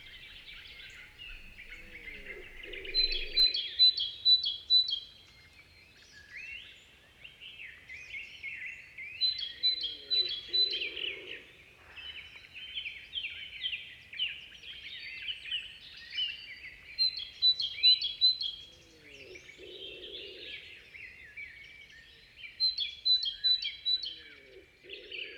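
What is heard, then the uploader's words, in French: A great tit sings in a forest, repeating a bright, rapid phrase about every six to seven seconds. Behind it a dense chorus of other birds twitters continuously, including a fairly close robin, with a low rumble and a softer repeated call underneath. Forêt de Val Drôme - Nagra seven - omni 8020. Chorus d'une Mésange charbonnière en forêt. Bien d'autres oiseaux chantent en arrière dont un Rouge-gorge assez proche.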